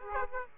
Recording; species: mosquito wingbeat signal from an infrared sensor; Aedes aegypti